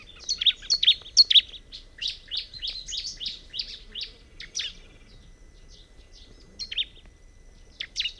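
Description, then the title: Bar-winged prinia song: a fast run of sharp, high chirping notes for the first few seconds, then a few scattered chips. "Ciblek"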